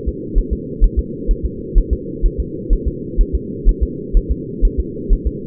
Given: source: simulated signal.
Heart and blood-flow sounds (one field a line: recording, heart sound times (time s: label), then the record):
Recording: fetal heart sounds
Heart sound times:
0.08 s: S2
0.38 s: S1
0.53 s: S2
0.84 s: S1
0.99 s: S2
1.31 s: S1
1.45 s: S2
1.78 s: S1
1.93 s: S2
2.26 s: S1
2.40 s: S2
2.73 s: S1
2.88 s: S2
3.21 s: S1
3.35 s: S2
3.69 s: S1
3.83 s: S2
4.17 s: S1
4.31 s: S2
4.65 s: S1
4.79 s: S2
5.13 s: S1
5.27 s: S2
From the record:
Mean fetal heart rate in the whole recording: 130 bpm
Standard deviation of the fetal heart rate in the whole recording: 4 bpm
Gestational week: 38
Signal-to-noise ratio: -4.1 dB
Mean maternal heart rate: no maternal heart sound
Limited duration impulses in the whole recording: absent